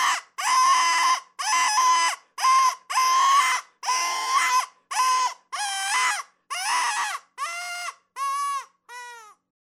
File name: Rabbit Distress